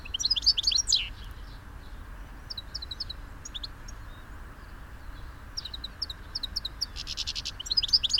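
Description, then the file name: European goldfinch giving bright chirps and twitters in scattered bursts, loud at the start and end with quieter gaps between, over a faint low hum. "Carduelis carduelis"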